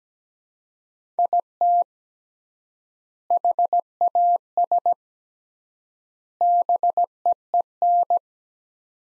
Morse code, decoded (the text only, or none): IT HAS BEEN